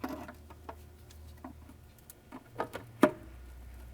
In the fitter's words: Heard it click.